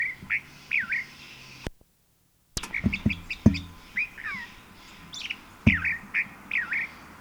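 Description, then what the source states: California Thrasher song of varied slurred phrases, some swooping down and up, with sharp clicks and a brief dropout in the recording. Recorded February 21, 1970, in Strawberry Canyon, Alameda County, California.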